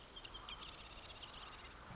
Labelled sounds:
Marsh Wren (Cistothorus palustris)
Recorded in Sonoma County, California

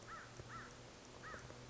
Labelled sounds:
American Crow (Corvus brachyrhynchos)
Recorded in Sonoma County, California

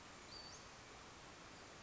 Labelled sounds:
Western Flycatcher (Empidonax difficilis)
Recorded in Sonoma County, California

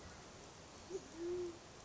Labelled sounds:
Band-tailed Pigeon (Patagioenas fasciata)
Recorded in Sonoma County, California

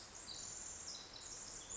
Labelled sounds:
Pacific Wren (Troglodytes pacificus)
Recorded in Sonoma County, California

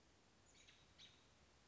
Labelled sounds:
American Robin (Turdus migratorius)
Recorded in Sonoma County, California

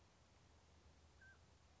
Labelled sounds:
Mountain Quail (Oreortyx pictus)
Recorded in Sonoma County, California

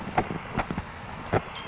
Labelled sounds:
California Towhee (Melozone crissalis)
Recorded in Sonoma County, California

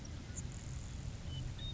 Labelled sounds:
Grasshopper Sparrow (Ammodramus savannarum)
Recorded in Sonoma County, California

